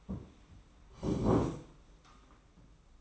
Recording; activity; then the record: daily activity, microphone in the room; sit down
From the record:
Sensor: 1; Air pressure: 991.7 hPa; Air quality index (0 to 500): 163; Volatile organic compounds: 1000 ppm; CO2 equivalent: 6098 ppm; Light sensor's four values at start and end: 30/101/39/40 and 31/103/40/41